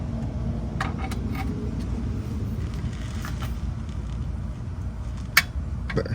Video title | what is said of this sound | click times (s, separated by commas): First time changing oil? 2007-2010 BMW E63 E64 M6 Engine oil Change Tutorial DIY steps procedure | do you hear that click right there | 5.4 s